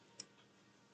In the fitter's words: and that locks into place